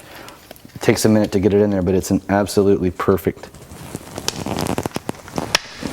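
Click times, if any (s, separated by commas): 5.5 s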